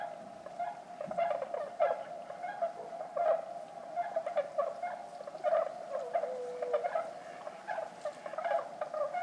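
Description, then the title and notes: Bewick's swan flock calls, a dense chorus of soft honks and yelping notes, with a steady hum of many birds and occasional louder calls. About forty birds at a night roost, Lac du Der, Champagne, France, 6 January 2019, after 2 a.m., fog and drizzle; sentinels call at any disturbance on the shore; recorded with MKH20 pair, Nagra Seven. "Lac du DER. Cygnes de Bewick (Cygnus bewicki)"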